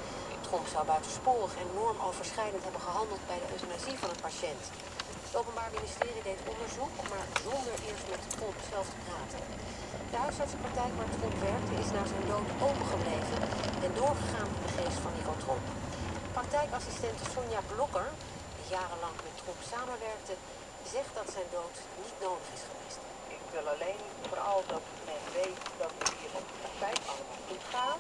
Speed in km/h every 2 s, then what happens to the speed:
51, 32, 14, 14, 21, 34, 48, 40, 26, 11, 5, 0, 0, 0.
0-4 brakes to 14. 4-11 speeds up to 48. 13-22 brakes to 0. 22-28 standing.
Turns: 0-5.